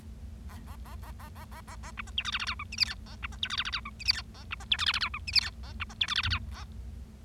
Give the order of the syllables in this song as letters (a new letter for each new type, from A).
A A A A A A A A A B C D E F F G H I J K A B C D E F F G H I J K A B C D E F F G H I J K A B C D E F F G A